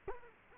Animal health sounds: mosquito wingbeat signal from an infrared sensor; Culex quinquefasciatus

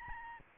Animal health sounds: mosquito wingbeat signal from an infrared sensor; Aedes albopictus

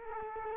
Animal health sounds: mosquito wingbeat signal from an infrared sensor; Culex quinquefasciatus

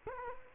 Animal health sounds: mosquito wingbeat signal from an infrared sensor; Culex quinquefasciatus

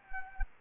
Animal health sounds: mosquito wingbeat signal from an infrared sensor; Anopheles gambiae

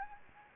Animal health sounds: mosquito wingbeat signal from an infrared sensor; Anopheles gambiae

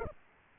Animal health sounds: mosquito wingbeat signal from an infrared sensor; Aedes aegypti

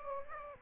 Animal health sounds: mosquito wingbeat signal from an infrared sensor; Aedes aegypti

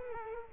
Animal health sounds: mosquito wingbeat signal from an infrared sensor; Culex quinquefasciatus

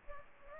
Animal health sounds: mosquito wingbeat signal from an infrared sensor; Culex pipiens

